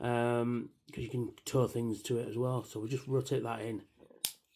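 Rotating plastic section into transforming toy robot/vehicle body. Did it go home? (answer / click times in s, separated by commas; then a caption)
yes / 4.2 s. Someone talks while rotating a plastic section of a transforming toy robot vehicle, the front turbine and tow hook area, into the body. A sharp click at 4.3 s shows the section seating in place.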